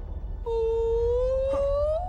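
A long, mournful whale call swells in and slowly rises in pitch, a single sustained moan with rich overtones carried over a deep, steady underwater rumble.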